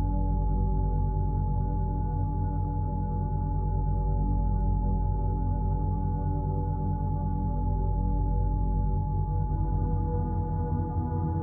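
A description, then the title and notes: A steady 852Hz Solfeggio tone hums with a low, layered drone beneath, shifting slightly near nine seconds, sustained without breaks. Sleep Inducing Tones - Solfeggio 852Hz Tones.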